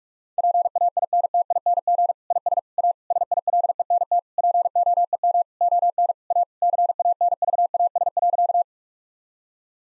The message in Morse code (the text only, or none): PAINTING IS A SILENT POEM ON A CANVAS.